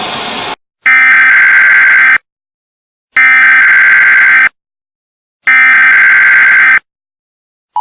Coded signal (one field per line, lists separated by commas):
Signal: Emergency Alert System (SAME) tones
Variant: header bursts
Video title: EAS in Creepypasta: "New Emergency Alert System message"